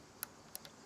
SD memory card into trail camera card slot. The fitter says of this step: ceci voilà on pousse jusqu'à entendre un petit clic voilà